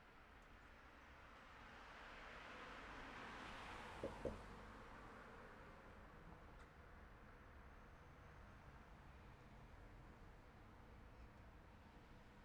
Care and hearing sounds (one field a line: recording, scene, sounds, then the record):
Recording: everyday scene through a hearing-aid microphone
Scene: in traffic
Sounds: traffic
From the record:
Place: city secondary road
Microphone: behind the ear, left, rear